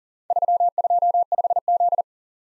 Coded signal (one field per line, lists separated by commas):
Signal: Morse code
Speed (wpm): 39 wpm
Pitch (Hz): 700 Hz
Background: none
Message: 325Z